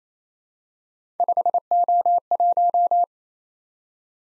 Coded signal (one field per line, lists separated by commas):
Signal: Morse code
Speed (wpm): 27 wpm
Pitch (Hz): 700 Hz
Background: none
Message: 5O1